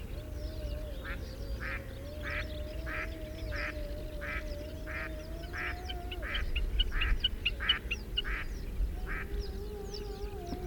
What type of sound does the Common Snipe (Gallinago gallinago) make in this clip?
call